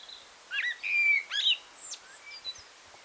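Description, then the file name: Common blackbird song phrase: a quick run of chirpy, sliding notes and a drawn-out whistle, then thin, scattered high twitters fading over quiet background noise. "Turdus merula"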